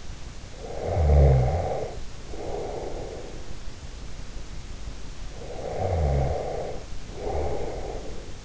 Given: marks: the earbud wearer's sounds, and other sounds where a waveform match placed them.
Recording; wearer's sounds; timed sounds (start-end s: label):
sounds in sleep by an in-ear microphone; snoring breath
0.46-3.31 s: snoring breath
5.34-8.45 s: snoring breath